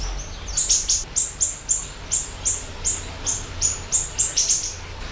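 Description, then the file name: Eurasian tree sparrow giving a steady string of high, sharp chirps, roughly two or three per second, over a constant low hum. Birds fighting. "siri siri gereja tarung"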